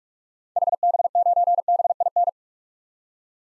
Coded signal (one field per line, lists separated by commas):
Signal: Morse code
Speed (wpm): 46 wpm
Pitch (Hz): 700 Hz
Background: none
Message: HB9BIN